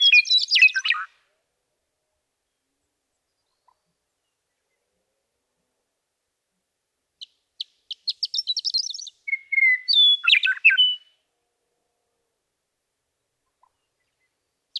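Western meadowlark song: a quick burst of high, jumbled notes, then after a long silence a stuttering series of short notes leading into clear whistles and a gurgling flourish.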